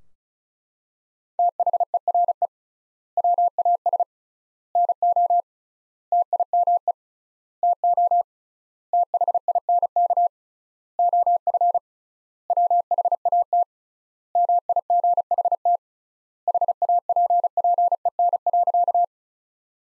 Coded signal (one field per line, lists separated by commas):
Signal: Morse code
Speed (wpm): 36 wpm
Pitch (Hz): 700 Hz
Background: none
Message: THERE WAS NO TIME TO THINK OF WHAT MIGHT HAPPEN.